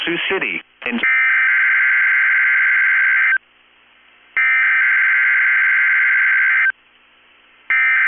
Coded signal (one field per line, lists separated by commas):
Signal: Emergency Alert System (SAME) tones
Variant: header bursts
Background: speech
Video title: 3/22/23 - KEC65 Required Weekly Test (EAS #736)